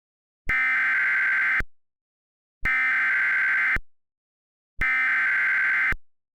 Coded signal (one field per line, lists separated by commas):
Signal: Emergency Alert System (SAME) tones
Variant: header bursts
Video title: EAS Mock: On the same day.